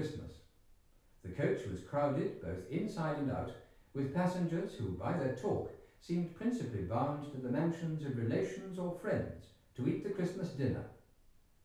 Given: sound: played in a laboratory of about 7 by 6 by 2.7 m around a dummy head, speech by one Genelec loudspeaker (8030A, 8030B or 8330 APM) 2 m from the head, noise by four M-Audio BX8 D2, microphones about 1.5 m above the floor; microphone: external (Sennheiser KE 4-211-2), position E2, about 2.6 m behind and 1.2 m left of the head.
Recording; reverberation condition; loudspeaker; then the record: male speech in English; medium; 120 degrees to the right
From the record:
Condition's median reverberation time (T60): about 510 ms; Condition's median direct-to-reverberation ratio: about -0.5 dB